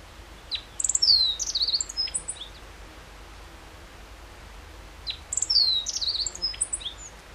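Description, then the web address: Meadow bunting song, two brisk high phrases of mixed chirps and slurred whistles, separated by about three seconds of quiet. Recorded 14 June 2012. "June 14 2012 E cioides KBGD"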